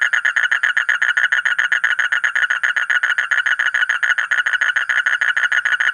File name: suara kodok bangkong kolong kodok buduk